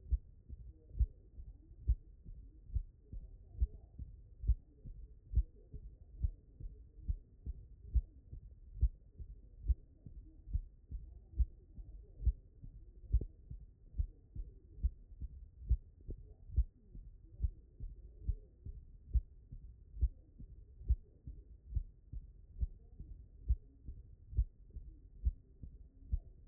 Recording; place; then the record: heart sounds by stethoscope; mitral valve (MV)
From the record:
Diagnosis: non-HFrEF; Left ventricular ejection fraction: 61%